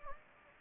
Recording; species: mosquito wingbeat signal from an infrared sensor; Anopheles gambiae